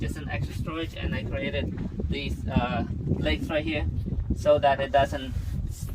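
A removable storage box is handled over the locating legs made for it in a camper van so it won't slide while driving. Someone talks over a steady low rumble of wind-like background noise. Nothing has seated or clicked yet.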